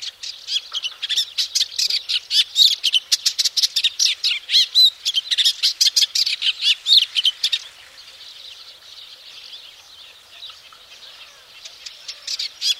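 Eastern olivaceous warbler singing a long hurried stream of harsh, clicking and chattering notes, fading to faint softer phrases after about seven and a half seconds, with a brief return at the end.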